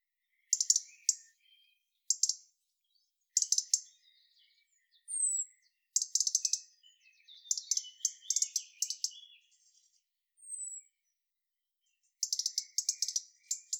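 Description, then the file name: European robin song: high phrases of rapid tinkling notes separated by short pauses, with a few thin sliding whistles between phrases. "Erithacus rubecula"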